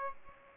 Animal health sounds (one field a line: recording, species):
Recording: mosquito wingbeat signal from an infrared sensor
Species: Aedes aegypti